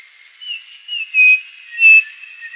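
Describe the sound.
Bird calling with faint gliding whistles, then two brighter clear whistled notes near the end, against a constant shrill background tone.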